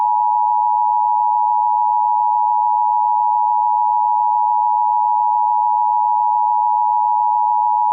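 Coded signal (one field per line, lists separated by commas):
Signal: Emergency Alert System (SAME) tones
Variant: 853 and 960 Hz attention tone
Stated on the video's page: Fictional EAS test made in 2010, with the message slightly redone later.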